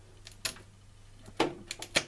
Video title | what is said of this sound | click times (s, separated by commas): New (how to) build your own PC - FX 8350, Asus Sabertooth 990FX R2.0, Asus Radeon HD 7850 2GB | and you hear you heard the click so it's locked in the place | 0.5 s